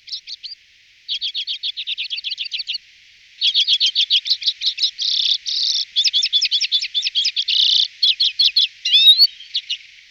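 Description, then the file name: Common redpoll giving rapid stuttering trills in bursts, mixed with buzzy rattles, high-pitched throughout with no other sounds. "Cecetka zimni Carduelis flammea"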